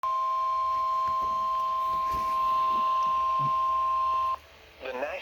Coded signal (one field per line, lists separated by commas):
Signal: Emergency Alert System (SAME) tones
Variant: 1050 Hz attention tone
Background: speech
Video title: EAS #554: SVR